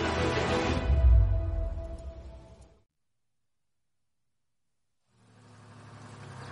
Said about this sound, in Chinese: 运兵卡车一直往旷野上开，慢慢的开进了一个山区，这里的山并不算高，一个作战班组都坐在车厢里面